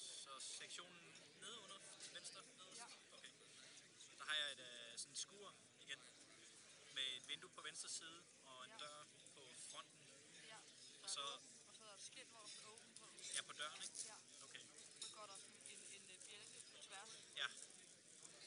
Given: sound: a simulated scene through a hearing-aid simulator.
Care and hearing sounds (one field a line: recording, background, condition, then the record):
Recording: conversation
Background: cafeteria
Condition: 0 dB SNR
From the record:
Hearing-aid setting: standard clinical setting (NAL)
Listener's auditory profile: B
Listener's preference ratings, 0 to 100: 37, 54, 22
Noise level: 65 dB SPL